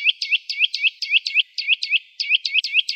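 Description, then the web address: Eurasian nuthatch calling: a fast run of many short, sharp, slightly upslurred piping notes. "Sitta europaea"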